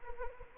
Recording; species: mosquito wingbeat signal from an infrared sensor; Anopheles gambiae